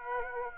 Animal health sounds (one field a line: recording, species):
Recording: mosquito wingbeat signal from an infrared sensor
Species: Aedes aegypti